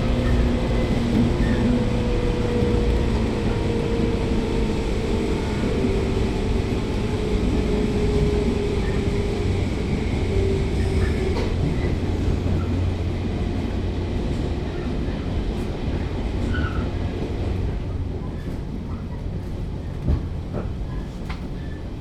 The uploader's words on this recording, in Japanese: 信越本線115系 笠島～青海川。Shin-Etsu Line Type 115 Kasashima to Omigawa。ZOOM H2。